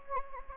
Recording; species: mosquito wingbeat signal from an infrared sensor; Anopheles gambiae